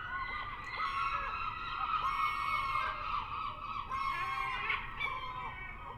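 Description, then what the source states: Herring gulls calling together: overlapping nasal mewing and yelping notes in a dense, continuous chorus. Adult herring gulls calling.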